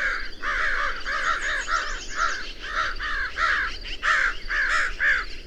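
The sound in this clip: Birds cawing: rough, nasal calls repeated in quick succession, overlapping almost without a break.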